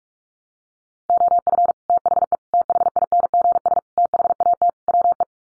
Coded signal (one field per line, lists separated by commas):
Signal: Morse code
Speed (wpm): 44 wpm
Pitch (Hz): 700 Hz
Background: none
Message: OF THE THINGS THAT WE